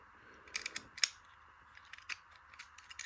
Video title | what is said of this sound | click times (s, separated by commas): Amazing Matchbox finds | it clicks back in pretty well, but it has been off. | 1.0 s